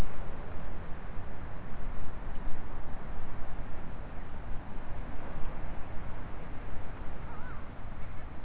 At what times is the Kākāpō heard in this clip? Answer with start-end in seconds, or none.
none